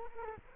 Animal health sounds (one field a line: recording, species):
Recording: mosquito wingbeat signal from an infrared sensor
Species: Culex quinquefasciatus